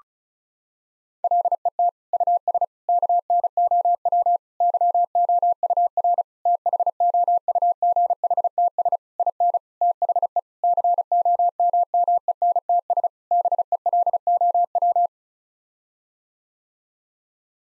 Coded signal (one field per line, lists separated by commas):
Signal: Morse code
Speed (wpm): 36 wpm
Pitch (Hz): 700 Hz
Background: none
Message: LET US KNOW YOUR THOUGHTS IN THE COMMENTS BELOW